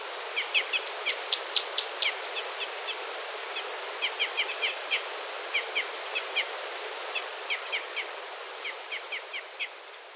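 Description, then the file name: Red crossbill calls: strings of short, high kip notes broken by two groups of drawn-out clear whistles. "isuka"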